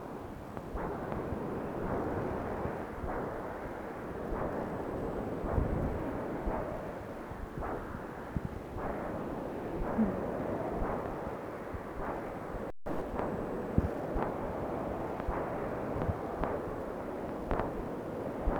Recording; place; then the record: Doppler ultrasound of blood flow; right subclavian vein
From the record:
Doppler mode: continuous wave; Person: adult scuba diver, at rest before a dive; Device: O'Dive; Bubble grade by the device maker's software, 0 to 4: 0